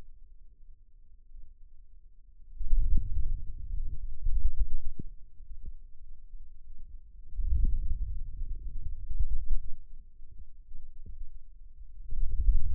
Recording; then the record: forearm muscle sounds (acoustic myography)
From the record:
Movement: wrist extension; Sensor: system 2, bracelet of six BSWA MPA416 microphones around the upper forearm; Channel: 1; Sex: male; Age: 22 years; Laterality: right